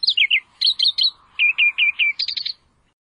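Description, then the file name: Australian reed warbler delivering a brisk sequence of repeated chirps, a run of even mid-pitched notes, then a quick rattling flourish. "suara kicauan burung kerakbasi australia. omkicau"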